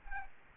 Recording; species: mosquito wingbeat signal from an infrared sensor; Aedes aegypti